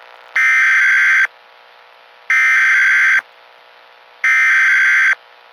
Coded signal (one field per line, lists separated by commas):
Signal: Emergency Alert System (SAME) tones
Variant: header bursts